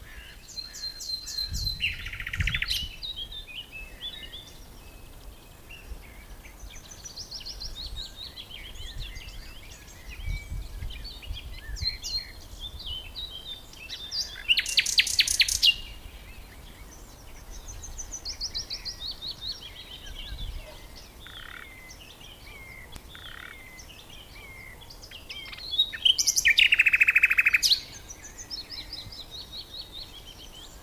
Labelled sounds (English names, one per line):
Common Nightingale song